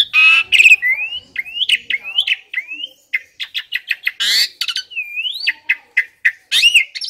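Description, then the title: Asian pied starling song mixing long rising and falling whistles with snappy chirps and a harsh noisy burst midway, delivered in a lively uneven run. Training (masteran) recording of pied starling song, said to be effective for birds that sing too little or are listless. "Masteran Jalak Suren AMPUH Dan EFEKTIF Atasi Burung KURANG GACOR Dan LOYO"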